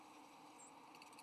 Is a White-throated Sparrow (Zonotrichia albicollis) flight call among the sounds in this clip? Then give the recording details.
no. Another species' flight call is heard. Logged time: 06:37 on 3 November 2014